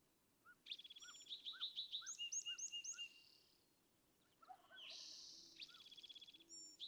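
California thrasher delivering rapid repeated notes and buzzy phrases, with softer lower whistled notes repeated beneath, then a pause and a harsh rasping segment, over background hiss.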